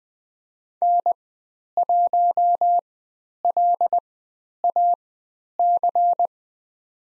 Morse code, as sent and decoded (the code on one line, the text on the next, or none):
-. .---- .-.. .- -.-.
N1LAC